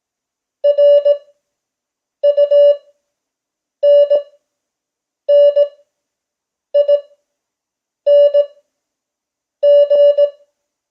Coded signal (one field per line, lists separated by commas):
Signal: Morse code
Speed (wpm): 18 wpm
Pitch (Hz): 580 Hz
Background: none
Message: RUNNING